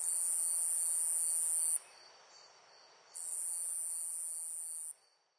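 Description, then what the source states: Insect chirps: a loud, high continuous trill, a pause of over a second, then a second long trill, over a soft constant background buzz. Loud insect chirps in a nature ambience.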